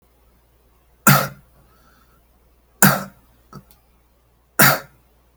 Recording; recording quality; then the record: shallow voluntary cough; excellent, no background noise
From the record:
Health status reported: recovered from COVID-19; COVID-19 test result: positive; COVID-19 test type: RT-PCR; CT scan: not taken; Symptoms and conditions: none ticked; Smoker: no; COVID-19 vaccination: none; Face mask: not worn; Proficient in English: yes